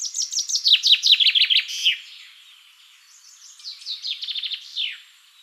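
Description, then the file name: Common chaffinch singing a rapid series of descending chipping notes closing with a flourish, followed after a pause by a second, softer song. "Fringilla coelebs"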